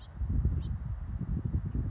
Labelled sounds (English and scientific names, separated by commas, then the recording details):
House Finch (Haemorhous mexicanus)
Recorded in Sonoma County, California